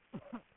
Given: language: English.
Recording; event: throat vibration sensor signal played as sound; throat clearing